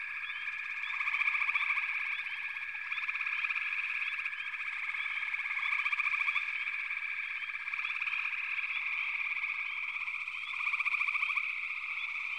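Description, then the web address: Frog chorus: steady shrill trill punctuated by several louder rattling croak bursts, with quick chirps scattered over the top. "Natures Songs Sleep Sounds of Nature FROGS Frog Chorus"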